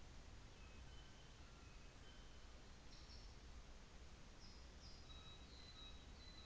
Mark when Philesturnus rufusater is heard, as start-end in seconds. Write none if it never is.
none